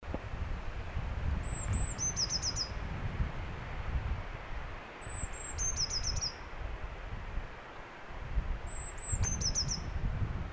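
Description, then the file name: Eurasian blue tit sings three phrases of thin high notes leading into a rapid trill, over steady low noise. "Cyanistes caeruleus"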